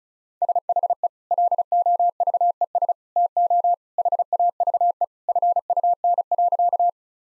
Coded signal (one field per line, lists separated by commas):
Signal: Morse code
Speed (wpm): 35 wpm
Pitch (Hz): 700 Hz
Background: none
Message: SHE LOVES TO HAVE FUN.